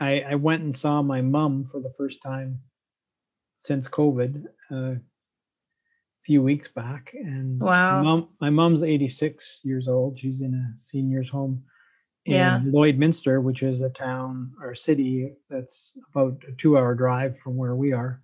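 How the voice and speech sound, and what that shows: A single adult man speaks in a conversational, mid-low voice with clear, steady voicing, describing visiting his elderly mother. Phrasing is natural with a few ordinary restarts and pauses. This is normal connected speech in a quiet room.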